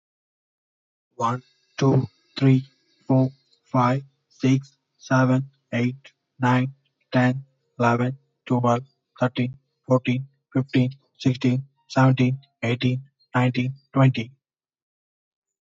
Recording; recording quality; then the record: counting at a normal pace; excellent, no background noise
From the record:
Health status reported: healthy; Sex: male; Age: 36 years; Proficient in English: yes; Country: India